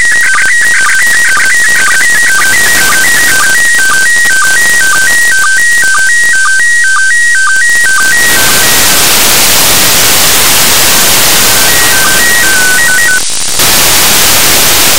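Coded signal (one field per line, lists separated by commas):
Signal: SSTV (slow-scan television)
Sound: warbling tones stepping up and down with quick low blips twice a second, then hiss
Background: radio static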